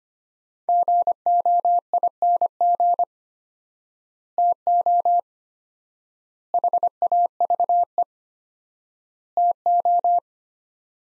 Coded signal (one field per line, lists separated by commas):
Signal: Morse code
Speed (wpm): 25 wpm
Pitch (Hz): 700 Hz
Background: none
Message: GOING TO HAVE TO